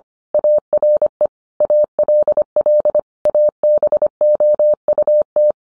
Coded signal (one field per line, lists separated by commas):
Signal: Morse code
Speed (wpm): 25 wpm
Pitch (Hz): 600 Hz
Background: none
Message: ARE ALL ABOUT